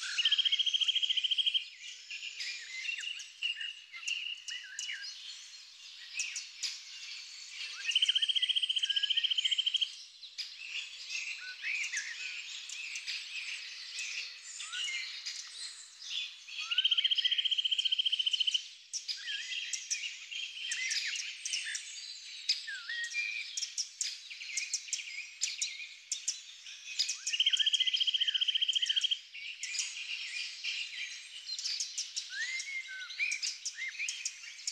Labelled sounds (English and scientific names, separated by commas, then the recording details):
Eurasian Nuthatch (Sitta europaea) song
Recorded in the wild
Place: Lilienhof / Kaiserstuhl, Baden-Württemberg, DE
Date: 2000-03-24
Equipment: MiniDisc Sharp MT 20 H
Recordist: Schwarz, Dieter